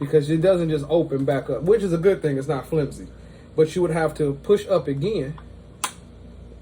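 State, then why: Released. Someone talks while pushing up on the folded SB Tactical TF 1913 folding brace on a Zastava ZPAP 85 AK pistol to free the latch on its folding hinge so it can unfold. A single sharp pop at 5.8 s marks the latch releasing.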